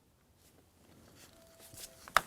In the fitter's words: snap that into